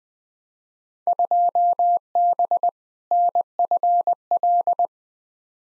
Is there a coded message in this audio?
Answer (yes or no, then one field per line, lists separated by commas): yes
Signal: Morse code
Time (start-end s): 1.1-4.9 s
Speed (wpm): 20 wpm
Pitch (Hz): 700 Hz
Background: none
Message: 2B NFL